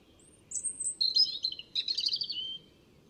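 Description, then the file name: European robin delivering a short song that starts with a very high drawn-out whistle, then runs into fast, jumbled, sparkling warbles for about one and a half seconds. "Erithacus rubecula"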